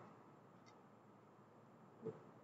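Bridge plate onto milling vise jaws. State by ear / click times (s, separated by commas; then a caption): not seated / none. A metal bridge with a rectangular plate is handled over the jaws of a milling vise, before it is lowered into place and locks. Steady background music and noise fill the clip, with a faint high tone near 0.7 seconds and a short, louder low thump near 2.1 seconds. Nothing has seated or clicked yet.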